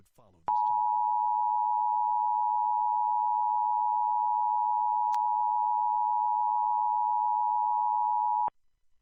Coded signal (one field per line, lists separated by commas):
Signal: Emergency Alert System (SAME) tones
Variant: 853 and 960 Hz attention tone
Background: speech